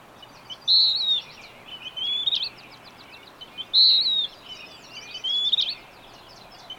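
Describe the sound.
Bird song: a loud high whistle followed by softer twittering phrases, the pattern repeated twice, with low steady hiss.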